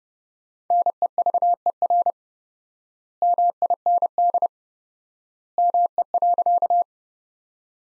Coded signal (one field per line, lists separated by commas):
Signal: Morse code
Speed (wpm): 32 wpm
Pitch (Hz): 700 Hz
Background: none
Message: NEVER MIND ME.